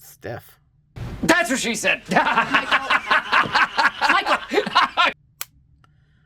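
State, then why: Seated. The hinged clasp of a small plastic vintage fashion-doll purse is pressed closed while someone talks and chuckles, first noting that it is stiff. At 5.4 s the clasp snaps shut into its catch with a sharp, satisfying click, and the purse is seated closed.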